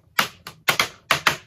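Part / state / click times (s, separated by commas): snap-tab lid on a plastic cake container / released / 0.2 s, 0.7 s, 0.8 s, 1.1 s, 1.3 s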